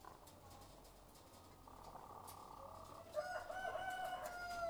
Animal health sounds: poultry house recording; sick chickens (respiratory disease)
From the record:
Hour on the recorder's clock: 12

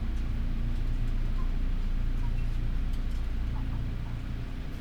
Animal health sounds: poultry house recording; healthy chickens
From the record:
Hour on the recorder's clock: 12

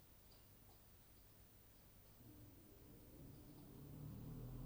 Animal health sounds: poultry house recording; no chicken sound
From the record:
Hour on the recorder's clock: 2

